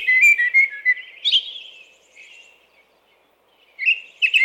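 American robin song: a few slurred whistled phrases near the start, a pause of quiet, then more caroling phrases at the end.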